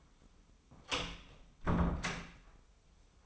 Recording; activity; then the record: daily activity, microphone in the room; close door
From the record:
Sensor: 1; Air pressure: 996.1 hPa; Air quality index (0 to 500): 60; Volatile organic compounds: 3 ppm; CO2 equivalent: 1454 ppm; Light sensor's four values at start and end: 14/34/14/16 and 14/33/14/16